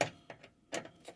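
A plastic part of the engine cover on a Renault Captur is pushed back into its mounting on the engine. A sharp plastic hit at 0.0 s marks it seating, followed by fainter knocks and a second hit around 0.8 s. The part goes into place easily and is seated.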